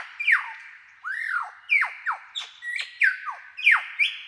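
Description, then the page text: Superb lyrebird song of loud, sharply bending whistles and squeaks, one arched note and several quick down-slurs in a lively, uneven sequence. "Большая птица-лира - Superb Lyrebird (Menura novaehollandiae)"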